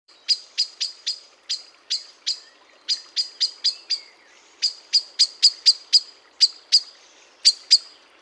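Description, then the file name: Common blackbird giving sharp, high ticking calls, repeated irregularly in quick bursts of several, with short pauses between groups. "Turdus merula"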